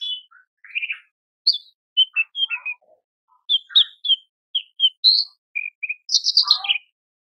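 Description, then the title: Horsfield's bush lark song of mixed whistles and chirps, short slurred notes and trills at irregular spacing, ending with a loud buzzy descending flourish. Masteran recording for training cage birds; described as super gacor (persistent, energetic singing). "MASTERAN AMPUH KICAUAN BRANJANGAN SUPER GACOR"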